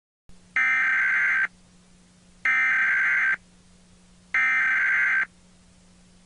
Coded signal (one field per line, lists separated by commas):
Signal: Emergency Alert System (SAME) tones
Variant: header bursts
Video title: EAS Mock #4: (LOUD AND VALID TONES) 11/9/11 EAS Test Recreation.